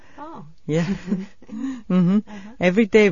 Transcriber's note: both laugh